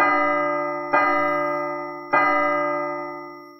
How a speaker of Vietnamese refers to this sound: Đúng lúc này, trên đỉnh núi vang lên ba tiếng chuông ngân. Từng tầng hư không gợn sóng mắt trần có thể thấy khuấy động từ trên đỉnh núi lan tràn ra bốn phương tám hướng.